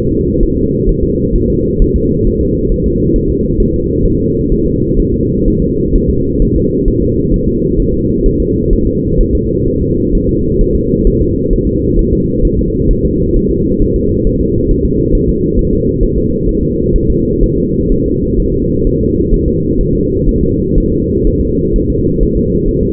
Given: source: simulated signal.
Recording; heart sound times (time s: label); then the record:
fetal heart sounds
0.12 s: S2
0.43 s: S1
0.57 s: S2
0.89 s: S1
1.03 s: S2
1.36 s: S1
1.50 s: S2
1.82 s: S1
1.96 s: S2
2.27 s: S1
2.41 s: S2
2.72 s: S1
2.86 s: S2
3.16 s: S1
3.30 s: S2
3.60 s: S1
3.74 s: S2
4.06 s: S1
4.20 s: S2
4.52 s: S1
4.66 s: S2
5.00 s: S1
5.14 s: S2
5.48 s: S1
5.62 s: S2
5.95 s: S1
6.09 s: S2
6.42 s: S1
6.56 s: S2
6.88 s: S1
7.02 s: S2
7.34 s: S1
7.48 s: S2
7.79 s: S1
7.94 s: S2
8.26 s: S1
8.40 s: S2
8.73 s: S1
8.87 s: S2
9.21 s: S1
9.35 s: S2
9.68 s: S1
9.82 s: S2
10.15 s: S1
10.29 s: S2
10.61 s: S1
10.75 s: S2
11.07 s: S1
11.21 s: S2
11.53 s: S1
11.67 s: S2
11.99 s: S1
12.13 s: S2
12.45 s: S1
12.59 s: S2
12.91 s: S1
13.05 s: S2
13.36 s: S1
13.50 s: S2
13.82 s: S1
13.96 s: S2
14.27 s: S1
14.41 s: S2
14.71 s: S1
14.85 s: S2
15.15 s: S1
15.29 s: S2
15.59 s: S1
15.73 s: S2
16.03 s: S1
16.17 s: S2
16.49 s: S1
16.63 s: S2
16.96 s: S1
17.10 s: S2
17.44 s: S1
17.58 s: S2
17.92 s: S1
18.06 s: S2
18.40 s: S1
18.54 s: S2
18.87 s: S1
19.01 s: S2
19.34 s: S1
19.48 s: S2
19.81 s: S1
19.95 s: S2
20.29 s: S1
20.43 s: S2
20.78 s: S1
20.92 s: S2
21.27 s: S1
21.41 s: S2
21.76 s: S1
21.90 s: S2
22.23 s: S1
22.37 s: S2
22.69 s: S1
22.83 s: S2
From the record:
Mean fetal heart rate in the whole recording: 130 bpm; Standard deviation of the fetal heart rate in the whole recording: 4 bpm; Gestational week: 38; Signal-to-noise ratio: -10.2 dB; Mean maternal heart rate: 72 bpm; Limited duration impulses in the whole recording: present